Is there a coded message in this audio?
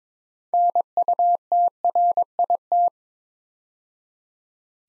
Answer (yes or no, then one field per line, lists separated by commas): yes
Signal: Morse code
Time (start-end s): 0.5-2.9 s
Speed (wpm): 22 wpm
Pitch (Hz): 700 Hz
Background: none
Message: NUTRIT